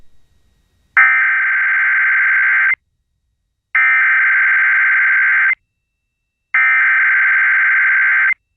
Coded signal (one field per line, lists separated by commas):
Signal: Emergency Alert System (SAME) tones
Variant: header bursts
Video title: Wisconsin State EAS Required Monthly Tests (September 1st, 2021)